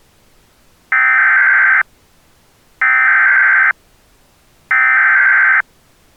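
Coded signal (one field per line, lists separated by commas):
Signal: Emergency Alert System (SAME) tones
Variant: header bursts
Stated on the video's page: Simulated, solo-made EAS scenario of a severe weather outbreak in the Ozarks.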